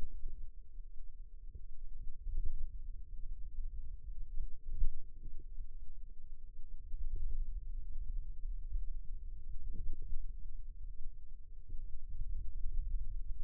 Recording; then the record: forearm muscle sounds (acoustic myography)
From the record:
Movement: hand opening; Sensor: system 2, bracelet of six BSWA MPA416 microphones around the upper forearm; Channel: 6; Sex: female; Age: 22 years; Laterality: right